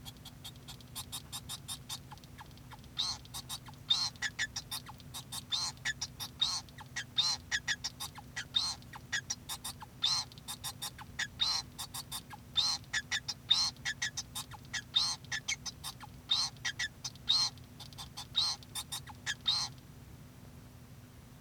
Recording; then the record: song of a male Bengalese finch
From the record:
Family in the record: son of father 2